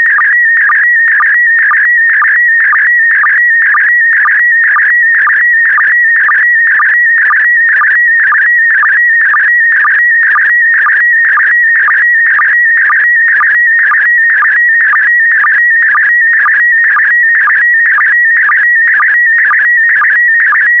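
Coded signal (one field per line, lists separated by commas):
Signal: SSTV (slow-scan television)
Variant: PD120 mode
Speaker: complete you can now check your decoded image against the picture that is shown on the video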